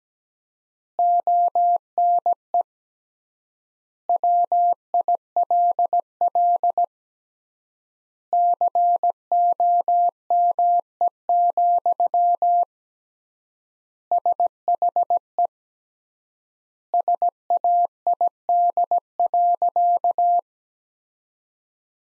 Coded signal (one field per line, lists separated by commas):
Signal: Morse code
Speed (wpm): 17 wpm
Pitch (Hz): 700 Hz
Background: none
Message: ONE WILL COME, SHE SAID.